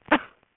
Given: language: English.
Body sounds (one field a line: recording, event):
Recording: throat vibration sensor signal played as sound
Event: cough